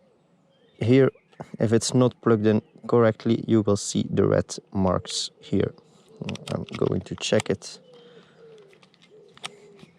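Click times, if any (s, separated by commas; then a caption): 9.4 s. Someone talks while a drone flight battery is pushed into its bay in the drone body during a pre-flight check, followed by a few faint handling taps. The battery clicks into place at 9.4 seconds, seated correctly.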